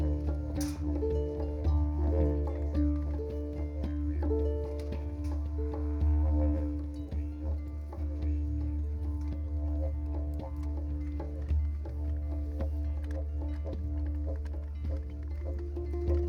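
A didgeridoo holds a deep, steady drone throughout while a harp and a hang play short melodic notes above it, rising and falling in small repeated phrases. Sharp knocks from the smithy's hammering keep sounding in the background.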